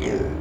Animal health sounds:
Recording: contact call of a hoofed animal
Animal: pig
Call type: closed-mouth grunt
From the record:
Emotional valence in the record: negative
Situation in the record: short social isolation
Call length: 0.41 s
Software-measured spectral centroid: 1620 Hz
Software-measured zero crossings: 930 a second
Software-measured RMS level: -24 dBFS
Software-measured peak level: -12 dBFS

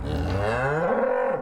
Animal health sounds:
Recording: contact call of a hoofed animal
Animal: cattle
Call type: low-frequency (closed-mouth) or high-frequency (open-mouth) call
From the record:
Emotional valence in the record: negative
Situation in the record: full separation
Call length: 1.42 s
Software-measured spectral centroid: 1320 Hz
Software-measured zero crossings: 1240 a second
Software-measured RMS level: -24 dBFS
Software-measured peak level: -11 dBFS

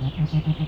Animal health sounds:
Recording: contact call of a hoofed animal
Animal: goat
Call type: low-frequency (closed-mouth) or high-frequency (open-mouth) call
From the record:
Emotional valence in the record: negative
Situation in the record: short social isolation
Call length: 0.68 s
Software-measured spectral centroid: 1340 Hz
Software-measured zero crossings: 1080 a second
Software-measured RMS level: -23 dBFS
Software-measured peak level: -13 dBFS

